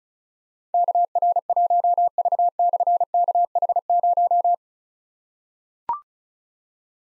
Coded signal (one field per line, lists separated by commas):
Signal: Morse code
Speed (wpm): 36 wpm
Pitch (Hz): 700 Hz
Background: none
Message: KR1V/KH0